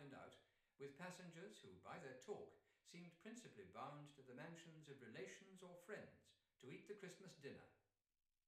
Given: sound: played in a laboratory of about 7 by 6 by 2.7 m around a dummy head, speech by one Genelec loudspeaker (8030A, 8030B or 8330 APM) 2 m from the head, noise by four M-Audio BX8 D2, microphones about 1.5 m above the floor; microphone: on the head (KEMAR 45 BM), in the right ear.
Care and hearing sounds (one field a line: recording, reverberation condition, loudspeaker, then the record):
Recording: male speech in English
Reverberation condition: medium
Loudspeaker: 120 degrees to the right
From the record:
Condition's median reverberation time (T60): about 510 ms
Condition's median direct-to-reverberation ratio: about -0.5 dB